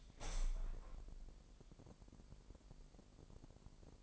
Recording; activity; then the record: daily activity, microphone in the room; open window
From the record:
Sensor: 5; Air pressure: 1000.4 hPa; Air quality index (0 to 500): 247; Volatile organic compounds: 34 ppm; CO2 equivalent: 3048 ppm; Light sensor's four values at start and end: 34/78/31/29 and 34/78/31/29